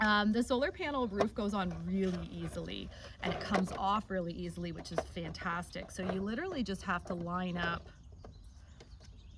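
Someone talks while handling the plastic solar panel roof of a BirdReel Smart Bird Feeder, lining it up with two small plastic slots on the side of the feeder body so it can be pressed down and snapped on. The talking stops near 7.8 s, followed by two faint short ticks at about 8.2 s and 8.8 s. The roof has not seated or clicked onto the feeder yet.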